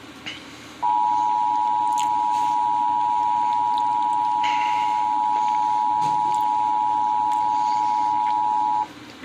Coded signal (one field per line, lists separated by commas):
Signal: Emergency Alert System (SAME) tones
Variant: 853 and 960 Hz attention tone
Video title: Severe Thunderstorm Warning on NJTV (EAS #18)